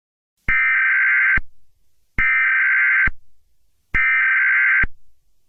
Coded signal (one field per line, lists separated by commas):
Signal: Emergency Alert System (SAME) tones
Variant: header bursts